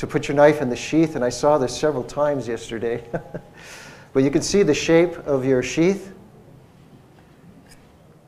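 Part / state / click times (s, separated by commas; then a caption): knife into its sheath / not seated / none. A knife is lined up with the shape of its sheath so it goes in the same way, before being pushed home. Someone talks through most of the clip, with a quieter stretch in between and near the end. Nothing has seated or clicked yet.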